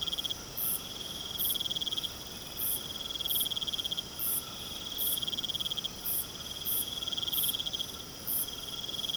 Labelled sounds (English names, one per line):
none